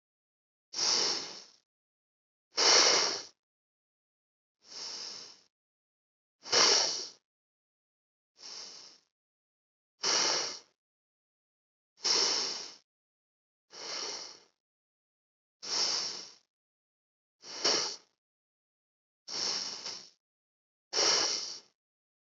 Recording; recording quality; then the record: deep breathing; excellent, no background noise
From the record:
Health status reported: healthy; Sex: male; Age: 45 years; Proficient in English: yes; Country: India